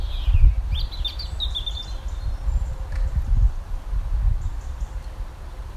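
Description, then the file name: European robin with a short run of high, tumbling warbled notes at the start, then mostly low rumbling noise. "Erithacus rubecula"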